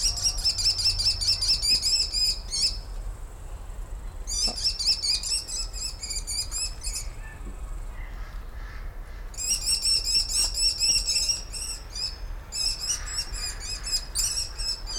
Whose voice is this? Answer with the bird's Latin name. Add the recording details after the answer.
Falco sparverius. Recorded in captivity. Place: Timmendorfer Strand, Holsteinische Schweiz, Schleswig-Holstein, DE. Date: 1992-09-21 16:09. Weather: sonnig, 22°C. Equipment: Marantz CP 430, Sennheiser ME 80, Kopie Tesla B 116. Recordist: Tembrock, Günter. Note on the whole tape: Vogelpark Niendorf; Rufreihen, dann Laute des Weibchens; später Fütterung Lautfolgen Männchen gegen Weibchen